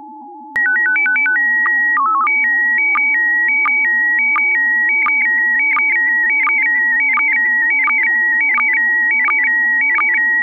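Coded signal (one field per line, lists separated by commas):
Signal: SSTV (slow-scan television)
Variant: PD 90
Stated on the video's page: Slow scan radio transmission.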